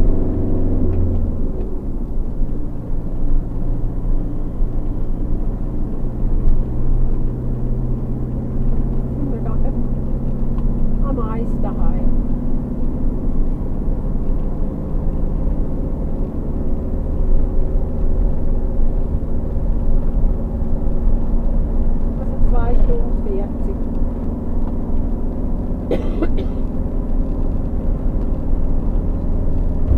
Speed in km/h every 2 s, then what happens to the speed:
50, 46, 48, 48, 50, 53, 55, 57, 59, 61, 61, 62, 62, 64, 64.
0-6 steady at about 48. 6-15 speeds up to 59. 15-30 steady at about 62.